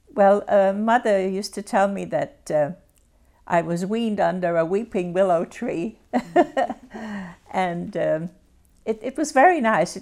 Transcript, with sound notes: Well, Mother used to tell me that I was weaned under a weeping willow tree, (she laughs) and it was very nice.